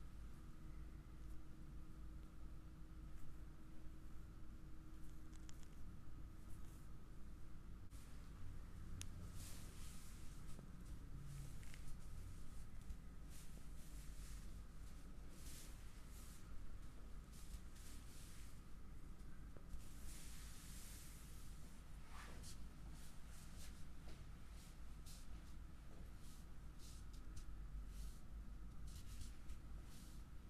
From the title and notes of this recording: ASMR relaxing neck and back massage with akcent on the arms.